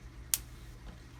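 A plastic screw hole cover cap is pushed into a screw hole in the side panel of an arcade cabinet. It snaps in with a single sharp, bright click at 0.3 s against a quiet low hum, and the cap is seated.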